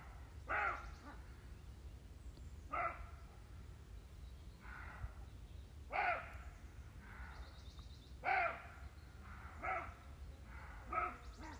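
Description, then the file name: Roe deer barking repeatedly, gruff rasping barks every two to three seconds with softer barks in between, over a low background rumble. "cabirols"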